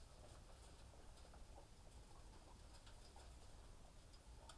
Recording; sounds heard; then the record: poultry house recording; healthy chickens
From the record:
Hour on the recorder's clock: 18